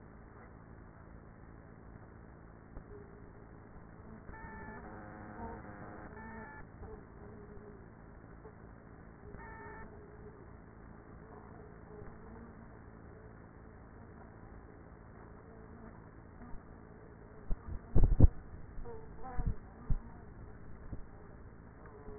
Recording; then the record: honeybee colony, microphone inside the hive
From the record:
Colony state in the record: queenless with a low population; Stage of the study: after two queens were removed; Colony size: about 30,000 bees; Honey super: no